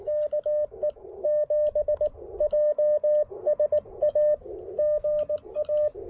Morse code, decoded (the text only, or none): KE7JSA GA